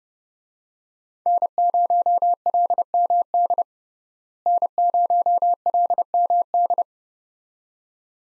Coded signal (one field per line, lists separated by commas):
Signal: Morse code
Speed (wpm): 30 wpm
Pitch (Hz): 700 Hz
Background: none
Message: N0LMD N0LMD